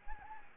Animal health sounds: mosquito wingbeat signal from an infrared sensor; Anopheles gambiae

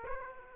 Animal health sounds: mosquito wingbeat signal from an infrared sensor; Aedes aegypti

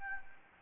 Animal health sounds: mosquito wingbeat signal from an infrared sensor; Anopheles gambiae

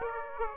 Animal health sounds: mosquito wingbeat signal from an infrared sensor; Aedes aegypti

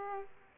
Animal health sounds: mosquito wingbeat signal from an infrared sensor; Aedes aegypti

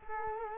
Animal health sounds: mosquito wingbeat signal from an infrared sensor; Culex quinquefasciatus

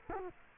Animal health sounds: mosquito wingbeat signal from an infrared sensor; Culex quinquefasciatus

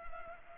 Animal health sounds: mosquito wingbeat signal from an infrared sensor; Culex pipiens

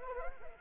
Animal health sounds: mosquito wingbeat signal from an infrared sensor; Anopheles arabiensis

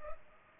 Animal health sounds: mosquito wingbeat signal from an infrared sensor; Culex pipiens

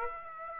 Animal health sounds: mosquito wingbeat signal from an infrared sensor; Aedes aegypti

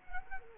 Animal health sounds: mosquito wingbeat signal from an infrared sensor; Culex quinquefasciatus

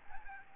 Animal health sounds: mosquito wingbeat signal from an infrared sensor; Aedes albopictus

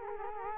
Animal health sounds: mosquito wingbeat signal from an infrared sensor; Culex quinquefasciatus

